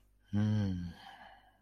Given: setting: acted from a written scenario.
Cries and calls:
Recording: vocal sound without words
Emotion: desire

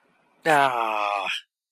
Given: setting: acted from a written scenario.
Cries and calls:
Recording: vocal sound without words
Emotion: disappointment

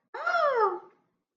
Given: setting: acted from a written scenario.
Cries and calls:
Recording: vocal sound without words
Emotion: amusement

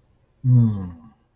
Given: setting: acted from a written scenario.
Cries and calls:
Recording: vocal sound without words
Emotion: serenity

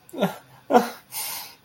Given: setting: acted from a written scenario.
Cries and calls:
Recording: vocal sound without words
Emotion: sadness

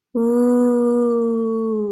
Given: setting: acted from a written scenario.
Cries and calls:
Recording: vocal sound without words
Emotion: ecstasy

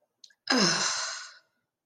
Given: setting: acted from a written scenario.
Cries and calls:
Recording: vocal sound without words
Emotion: ecstasy

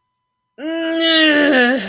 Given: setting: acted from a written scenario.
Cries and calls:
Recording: vocal sound without words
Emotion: pain

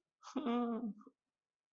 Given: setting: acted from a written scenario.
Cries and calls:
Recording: vocal sound without words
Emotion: fear

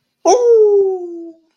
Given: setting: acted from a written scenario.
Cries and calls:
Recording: vocal sound without words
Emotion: negative surprise

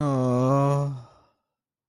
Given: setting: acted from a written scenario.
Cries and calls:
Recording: vocal sound without words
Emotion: sympathy

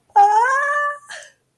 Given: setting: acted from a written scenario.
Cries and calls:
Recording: vocal sound without words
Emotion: amusement

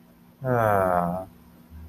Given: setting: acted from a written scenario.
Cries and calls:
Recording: vocal sound without words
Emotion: romantic love

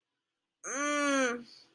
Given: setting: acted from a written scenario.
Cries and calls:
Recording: vocal sound without words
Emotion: pain

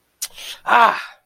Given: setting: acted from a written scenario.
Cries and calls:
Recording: vocal sound without words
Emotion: pain

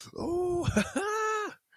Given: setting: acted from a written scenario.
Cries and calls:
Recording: vocal sound without words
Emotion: triumph

